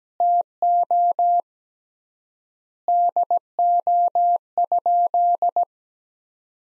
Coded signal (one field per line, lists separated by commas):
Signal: Morse code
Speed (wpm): 17 wpm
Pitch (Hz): 700 Hz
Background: none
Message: TO DO?